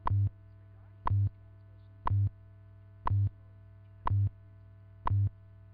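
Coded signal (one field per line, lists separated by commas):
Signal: radio time signal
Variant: WWV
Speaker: National Institute of Standards and Technology time this is radio station WWV Fort cullins Colorado broadcasting on internationally allocated standard carrier frequencies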